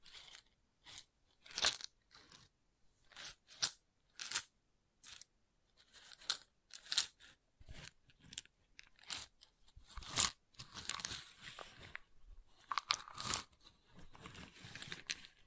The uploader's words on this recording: ASMR Calming Wood Triggers for Sleep (No Talking).